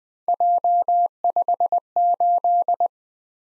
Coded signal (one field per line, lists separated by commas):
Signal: Morse code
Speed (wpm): 20 wpm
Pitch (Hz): 700 Hz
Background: none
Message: J58